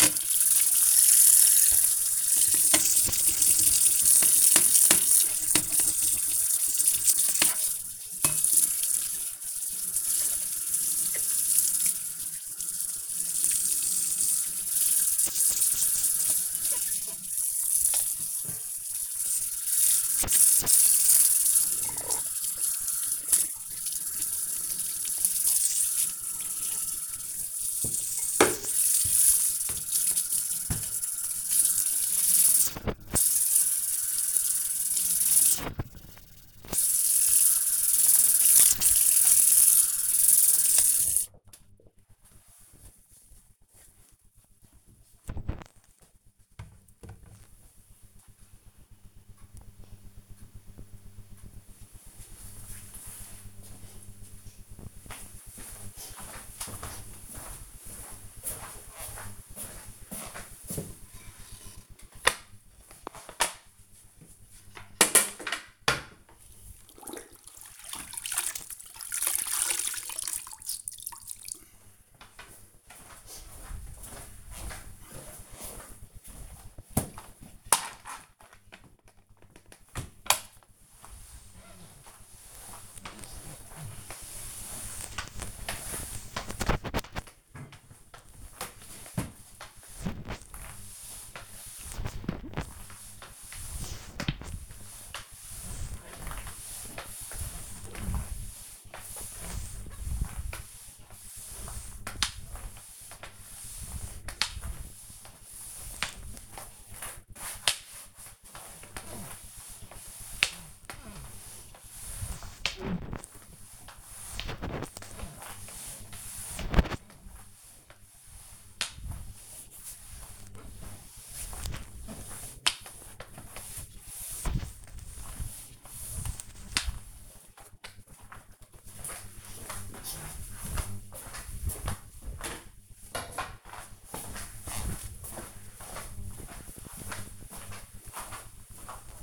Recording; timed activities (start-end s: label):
household activities, microphone on the right wrist
0.00-41.82 s: washing dishes
61.95-128.40 s: floor cleaning